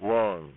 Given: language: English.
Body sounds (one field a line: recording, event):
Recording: throat vibration sensor signal played as sound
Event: speech